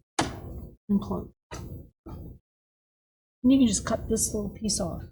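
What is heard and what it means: The small plastic bobbin cover door on the bed of a Bernina 5 series embroidery sewing machine is closed to make sure it is shut, since a sensor sits there. A single sharp knock at 0.2 s marks the door snapping shut. Someone then talks, with several short bursts followed by a longer stretch.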